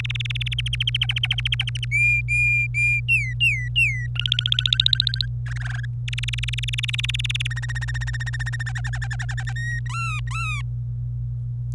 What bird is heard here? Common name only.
Domestic Canary